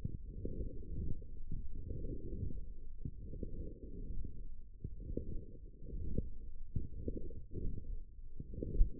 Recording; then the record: forearm muscle sounds (acoustic myography)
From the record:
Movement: forearm pronation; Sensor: system 1, eight BSWA MPA416 microphones around the upper forearm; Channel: 6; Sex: female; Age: 21 years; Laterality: right